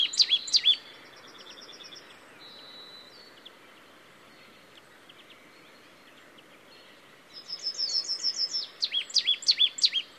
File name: Poecile palustris